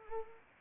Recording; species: mosquito wingbeat signal from an infrared sensor; Anopheles arabiensis